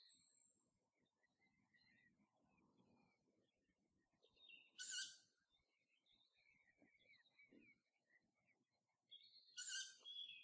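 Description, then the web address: Tawny owl giving two harsh, hissing screeches about five seconds apart, over soft twittering in the background. Recorded on 2 July 2014. "fagelljud 20140702 kattuggla"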